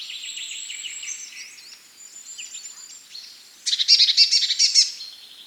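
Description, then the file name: Eurasian blue tit delivering one loud, rapid buzzy churr near the end, after a busy mix of high whistles and twitters. "Cyanistes caeruleus"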